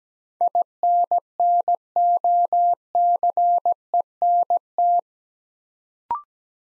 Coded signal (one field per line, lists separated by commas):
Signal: Morse code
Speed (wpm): 17 wpm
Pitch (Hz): 700 Hz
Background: none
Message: INNOCENT